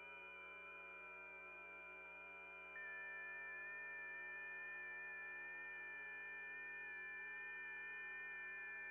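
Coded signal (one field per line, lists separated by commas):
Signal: FT8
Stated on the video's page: FT8 received via SunSDR using TCI interface.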